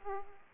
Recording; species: mosquito wingbeat signal from an infrared sensor; Aedes aegypti